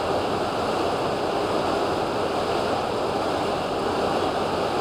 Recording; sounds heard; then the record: poultry house recording; no chicken sound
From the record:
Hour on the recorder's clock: 8